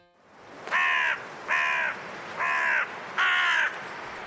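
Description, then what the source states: Carrion crow caws: four harsh, drawn-out calls over a steady rushing wind. Five birds calling through blustery winds at dusk in a cold woodland, Woodchester Park, Gloucestershire, England.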